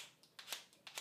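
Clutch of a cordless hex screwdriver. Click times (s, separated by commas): 0.4 s, 0.9 s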